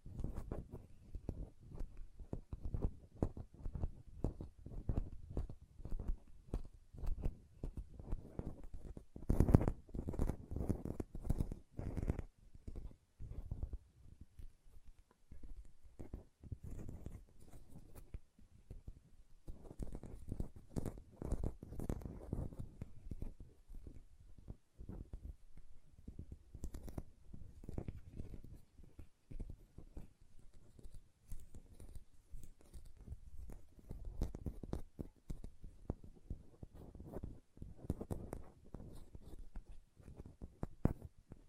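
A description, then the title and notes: Hand sounds: fingernails tapping in quick, irregular bursts of sharp clicks with short pauses, over soft rubbing and squishing of hands working in lotion. The activity runs steadily throughout, with a louder cluster of taps around ten seconds and quieter, sparser stretches near fifteen and twenty-five seconds. Hand Sounds, Nail Tapping and Lotion Sounds.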